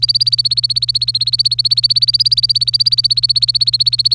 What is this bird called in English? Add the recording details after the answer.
Domestic Canary. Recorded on 25 April 2018 at 07:40. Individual llb3